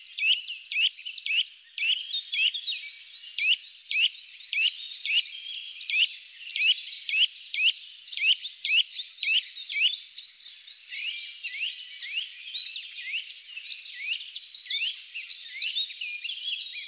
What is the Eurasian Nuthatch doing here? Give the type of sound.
song